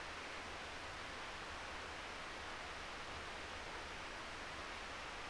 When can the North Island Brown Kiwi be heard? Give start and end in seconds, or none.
none